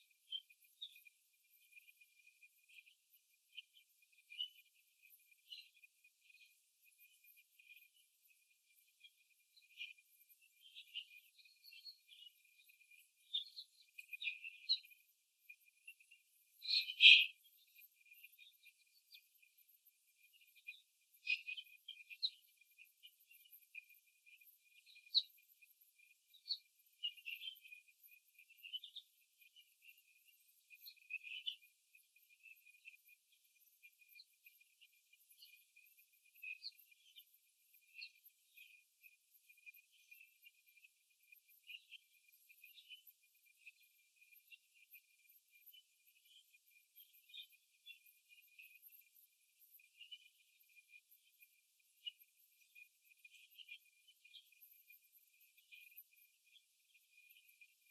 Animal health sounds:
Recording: young laying hens in a cage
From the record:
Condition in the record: after the stressor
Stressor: simulated dog barking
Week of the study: 3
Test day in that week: 1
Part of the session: 2

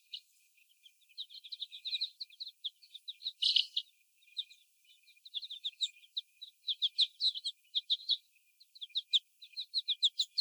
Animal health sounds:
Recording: young laying hens in a cage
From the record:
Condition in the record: before the stressor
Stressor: sudden umbrella opening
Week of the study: 1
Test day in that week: 1

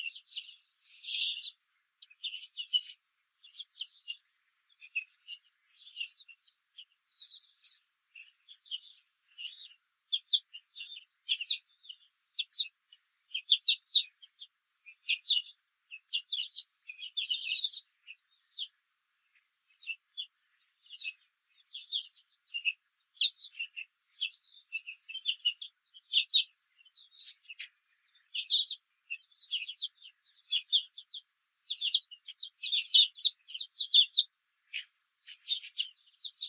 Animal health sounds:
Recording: young laying hens in a cage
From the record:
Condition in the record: control cage, after the stress test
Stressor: none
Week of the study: 4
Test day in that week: 1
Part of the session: 2

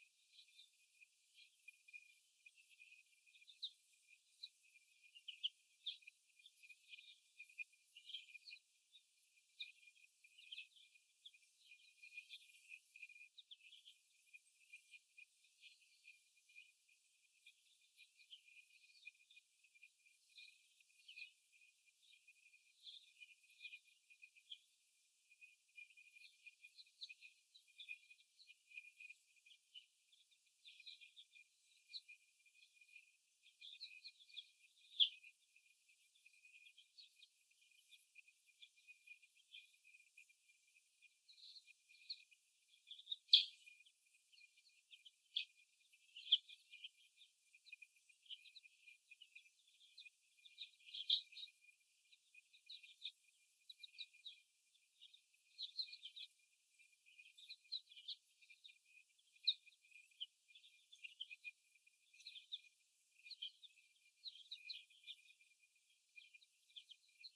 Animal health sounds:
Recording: young laying hens in a cage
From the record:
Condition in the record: before the stressor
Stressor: simulated dog barking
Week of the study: 1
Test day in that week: 1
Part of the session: 4

